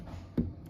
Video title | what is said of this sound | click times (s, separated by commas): Installation and review of Kohler sink and American standard garbage disposer from Costco. | so when you push it in you'll feel the little just a little bit click | 0.4 s